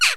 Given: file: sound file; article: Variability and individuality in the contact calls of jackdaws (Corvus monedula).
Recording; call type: jackdaw call; noisy